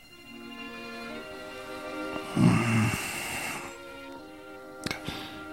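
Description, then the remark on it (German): Quiet, slow breathing from two people lying together, with one deeper, slightly raspy breath rising in the middle and a couple of soft clicks near the end over a faint steady hum. “Man atmet sich zusammen.”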